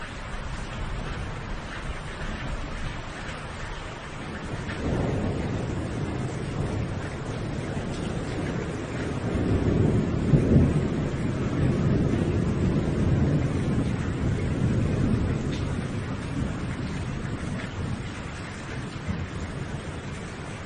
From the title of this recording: The natural sound of thunderstorms and white noise